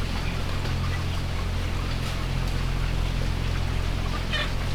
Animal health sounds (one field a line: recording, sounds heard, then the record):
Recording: poultry house recording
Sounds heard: healthy chickens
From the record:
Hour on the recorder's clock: 17